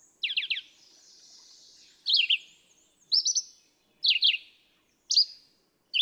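Red-eyed vireo singing short, choppy whistled phrases that rise and drop, with short pauses between them.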